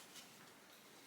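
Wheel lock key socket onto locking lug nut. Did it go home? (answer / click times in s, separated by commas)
no / none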